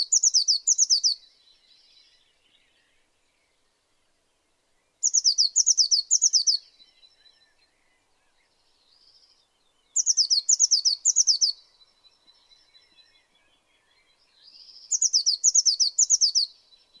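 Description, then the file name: Eurasian blue tit repeating brief trills of high, tinkling notes about every five seconds, four bursts in all, with quiet pauses in between. "Cyanistes caeruleus"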